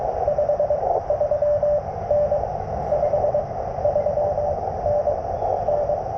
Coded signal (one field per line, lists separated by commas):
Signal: Morse code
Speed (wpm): 23 wpm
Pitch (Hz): 590 Hz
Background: none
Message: 53N 53N N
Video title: CW POTA with the Speed-X Model 500 Bug